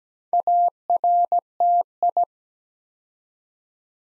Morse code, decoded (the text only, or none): ARTI